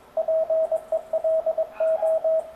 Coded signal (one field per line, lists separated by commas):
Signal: Morse code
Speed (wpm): 22 wpm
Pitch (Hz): 660 Hz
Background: radio noise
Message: PELO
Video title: BATE PAPO EM CW COM MEU AMIGO BOB RAPOZÃO